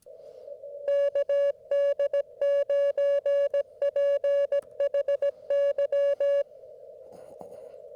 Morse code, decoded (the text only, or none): KD9PHY